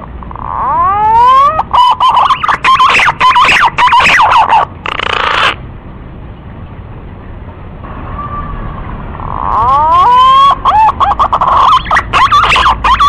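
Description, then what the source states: Green pigeon call of sweeping, quavering whistles, loud and dense for several seconds, a quiet gap, then the rising whistled phrase starts again. Lure call used to attract green pigeons.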